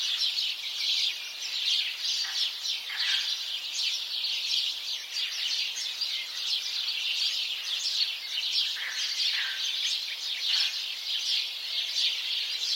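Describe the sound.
House sparrow flock chirping steadily, dense overlapping notes with occasional louder chirps standing out.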